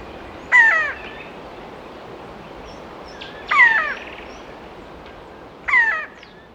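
Powerful woodpecker calls: three harsh, nasal, falling notes spaced about two to three seconds apart, with quiet background between.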